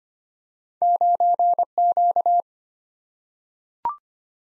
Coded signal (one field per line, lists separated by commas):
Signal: Morse code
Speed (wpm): 25 wpm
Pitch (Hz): 700 Hz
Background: none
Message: 9Q